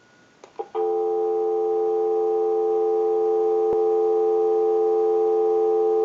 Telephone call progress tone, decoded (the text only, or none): dial tone